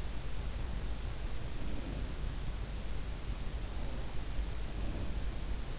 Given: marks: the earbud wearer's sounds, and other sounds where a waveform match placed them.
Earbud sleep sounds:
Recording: sounds in sleep by an in-ear microphone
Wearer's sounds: breath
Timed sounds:
1.49-2.11 s: breath
4.77-5.15 s: breath

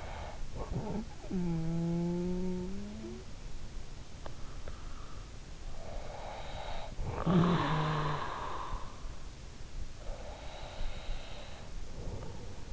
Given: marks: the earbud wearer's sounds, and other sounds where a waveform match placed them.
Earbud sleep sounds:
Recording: sounds in sleep by an in-ear microphone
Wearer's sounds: snoring breath, breath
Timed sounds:
0.00-3.59 s: snoring breath
5.48-9.14 s: breath
9.99-12.73 s: breath

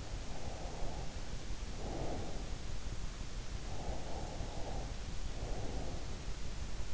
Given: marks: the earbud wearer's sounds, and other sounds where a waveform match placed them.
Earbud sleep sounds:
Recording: sounds in sleep by an in-ear microphone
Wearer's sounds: breath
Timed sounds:
0.00-2.83 s: breath
3.64-6.43 s: breath

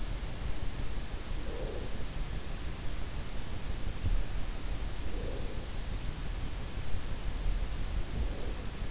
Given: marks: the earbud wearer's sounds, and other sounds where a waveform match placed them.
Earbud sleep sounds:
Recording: sounds in sleep by an in-ear microphone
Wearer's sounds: breath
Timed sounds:
1.17-2.30 s: breath
4.88-6.06 s: breath
7.98-8.91 s: breath

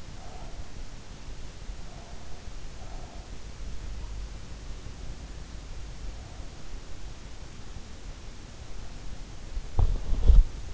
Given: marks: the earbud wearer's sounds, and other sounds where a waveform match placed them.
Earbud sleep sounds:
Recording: sounds in sleep by an in-ear microphone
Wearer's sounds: breath, teeth grinding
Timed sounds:
0.00-0.90 s: breath
1.96-3.63 s: breath
9.59-10.74 s: teeth grinding

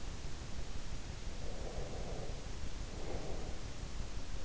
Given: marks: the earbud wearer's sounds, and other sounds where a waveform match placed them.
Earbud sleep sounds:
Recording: sounds in sleep by an in-ear microphone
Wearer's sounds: breath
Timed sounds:
1.32-3.78 s: breath

